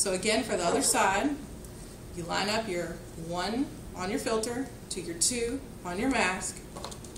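Someone talks while lining up the one-dash tab on a filter cartridge with the two-dash tab on a gas mask's filter port. Near the end, brief sharp handling sounds occur at about 6.8, 7.1 and 7.2 seconds. The filter has not yet twisted home, and nothing has seated or clicked yet.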